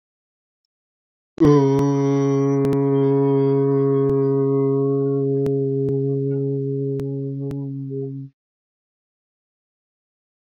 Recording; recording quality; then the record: sustained vowel as in boot; excellent, no background noise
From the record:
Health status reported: healthy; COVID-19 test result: not tested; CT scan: not taken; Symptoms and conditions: none ticked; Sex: male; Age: 30 years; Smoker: no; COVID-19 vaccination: one dose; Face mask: not worn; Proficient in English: yes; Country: India